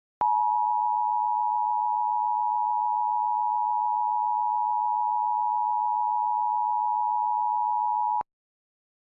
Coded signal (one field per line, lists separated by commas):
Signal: Emergency Alert System (SAME) tones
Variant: 853 and 960 Hz attention tone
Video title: (EAS #36) | Connecticut Required Monthly Test| 04/19/2023 or 04/20/2023